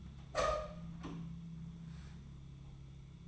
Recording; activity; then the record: daily activity, microphone in the room; open door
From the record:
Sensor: 1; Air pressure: 1005.0 hPa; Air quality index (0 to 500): 86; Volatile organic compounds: 2 ppm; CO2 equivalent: 1159 ppm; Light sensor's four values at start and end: 10/24/9/10 and 10/24/9/10